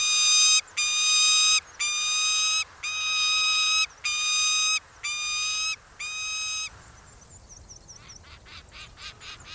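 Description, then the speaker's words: Peregrine Falcon calls, a steady series of seven drawn-out wailing notes, each under a second long, followed by faint high chirps. Very noisy when with young; the young call all the time, making a tremendous racket; not secretive. "So if you hear the call of peregrine, look out for them."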